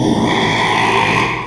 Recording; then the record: squeal of a Yucatan mini pig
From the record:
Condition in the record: after surgery on the right vocal fold (resection and tissue-engineered implant); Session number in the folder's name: 1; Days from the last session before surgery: 6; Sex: male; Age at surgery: 12 weeks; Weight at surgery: 13 kg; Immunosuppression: cyclosporine, prednisolone